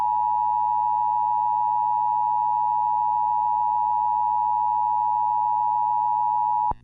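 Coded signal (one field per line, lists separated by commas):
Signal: Emergency Alert System (SAME) tones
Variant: 853 and 960 Hz attention tone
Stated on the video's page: Parody remix of EAS tones, not a real alert.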